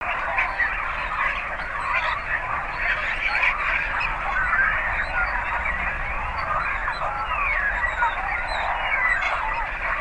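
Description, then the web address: Birds calling in a dense, continuous chorus of overlapping honking and clamouring notes, with no pause across the whole stretch. "Daddy Chronic soundarchiv entry 9 birds"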